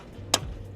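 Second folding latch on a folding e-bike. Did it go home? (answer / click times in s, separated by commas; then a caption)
yes / 0.3 s. The second folding latch on an ENGWE L20 2.0 folding e-bike is closed with a single sharp hit. It snaps into place with a bright, broadband click at 0.3 s over a low steady hum, and the latch is seated.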